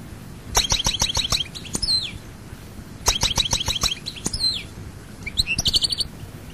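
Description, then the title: European goldfinch singing three quick phrases of bright, liquid twittering with buzzy trills and falling slurred notes. "Chant Chardonneret"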